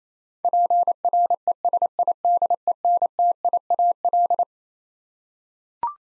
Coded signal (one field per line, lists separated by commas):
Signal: Morse code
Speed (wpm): 27 wpm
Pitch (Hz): 700 Hz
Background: none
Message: PRESIDENTIAL